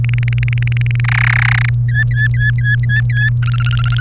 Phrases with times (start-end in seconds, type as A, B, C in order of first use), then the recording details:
0.04-1.00 A, 1.04-1.70 B, 1.89-3.30 C, 3.43-4.01 D. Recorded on 1 May 2018 at 11:02. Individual llb3